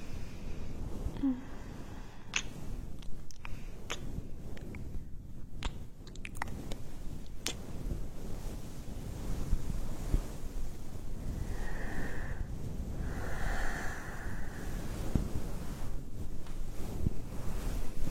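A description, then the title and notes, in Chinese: An ear massage: a steady, dense, low rumbling rub that sounds much like surf or wind across a microphone. Sharp clicks and taps scatter through the first eight seconds, and brief squeaky whines appear around 12 and 14 seconds as the rubbing grows slightly louder. 按摩耳朵刺激大脑。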